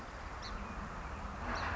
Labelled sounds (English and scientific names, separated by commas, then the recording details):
Song Sparrow (Melospiza melodia)
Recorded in Sonoma County, California